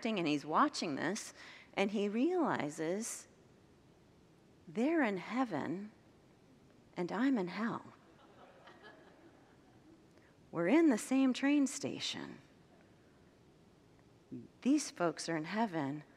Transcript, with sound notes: And he’s watching this, and he realizes, “They’re in heaven and I’m in hell.” [Congregants laugh] “We’re in the same train station.” These folks are in heaven.